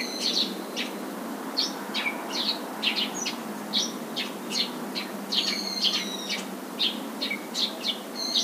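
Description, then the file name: Eurasian tree sparrow chirps, short bright notes repeated irregularly, with occasional longer flat whistled tones and steady background hiss. "suzume"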